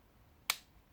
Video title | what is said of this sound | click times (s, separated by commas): DJI Spark - Fly More Bundle Detailed unboxing! | That just clicks, really nice click in there. | 0.5 s